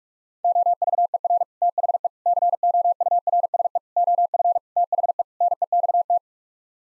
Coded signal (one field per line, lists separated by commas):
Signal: Morse code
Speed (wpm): 45 wpm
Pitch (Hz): 700 Hz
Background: none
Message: OVER THE COURSE OF THE NEXT